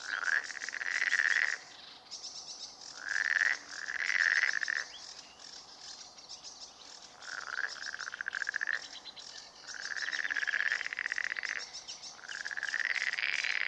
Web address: hlehto. sammakko molysammakko turku 23 h 11 m 45 s 31 may 2009